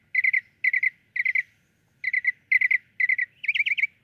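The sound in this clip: Northern mockingbird repeating a rapid three-note chirping phrase about twice a second, finishing with a twangier variant.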